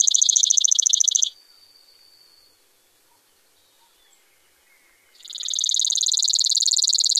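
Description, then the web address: Brewer's sparrow giving two high, fast buzzy trills separated by a few seconds of near silence. Recorded in North America. "Songs of Birds of North America Stokes. Brewers Sparrow"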